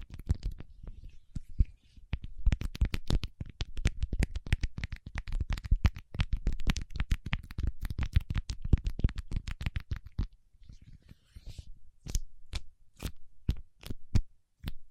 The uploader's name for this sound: Paraffin Wax Peeling, Tapping and Scratching